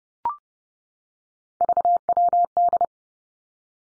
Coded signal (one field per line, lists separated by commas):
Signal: Morse code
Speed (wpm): 30 wpm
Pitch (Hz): 700 Hz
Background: none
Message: VWD